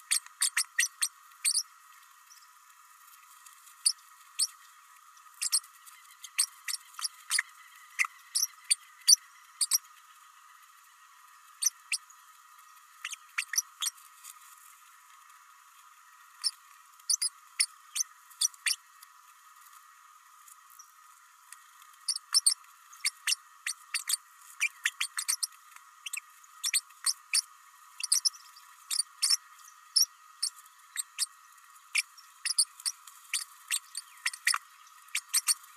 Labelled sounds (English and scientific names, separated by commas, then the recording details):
Green-rumped Parrotlet (Forpus passerinus) babbling
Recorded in a nest box in Venezuela
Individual 18B104A3